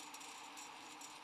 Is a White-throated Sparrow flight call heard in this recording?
no